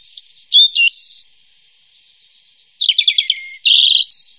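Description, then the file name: European robin singing: a few short, sweet high phrases with a thin whistle and twitter, then a pause and a quick trill followed by a buzzy note and a clear whistle. "rotkehlchen"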